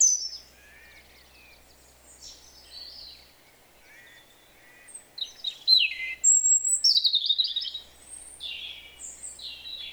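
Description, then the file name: European robin singing several short, high, thin phrases, then a longer sweet twittering warble in the second half, with soft hiss behind. "Erithacus rubecula"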